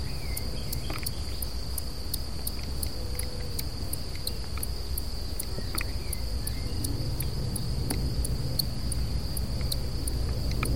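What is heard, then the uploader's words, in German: A strange cricket sings in a steady, high, thin tone that never lets up, with sharp clicks ticking at a fairly regular quick pace throughout. Underneath sits a constant low rumble, and a few faint, brief chirps drift in. Eine seltsame Grille. Diese Art von Grillen machte immer nur kurz Musik, wenn ich das Mikrophon aufstellte.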